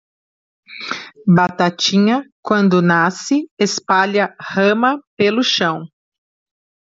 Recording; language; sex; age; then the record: short text; Brazilian Portuguese; female; 40 to 49 years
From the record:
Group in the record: control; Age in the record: 47 years